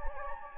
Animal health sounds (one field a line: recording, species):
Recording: mosquito wingbeat signal from an infrared sensor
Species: Anopheles gambiae